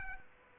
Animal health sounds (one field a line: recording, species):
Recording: mosquito wingbeat signal from an infrared sensor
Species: Aedes aegypti